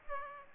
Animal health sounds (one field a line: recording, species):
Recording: mosquito wingbeat signal from an infrared sensor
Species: Aedes aegypti